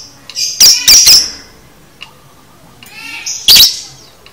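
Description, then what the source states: Lovebird calls: a quick cluster of three piercing squeaks, a pause, then one more shrill squeak. Lovebird chattering (konslet), used as masteran to train lovebirds.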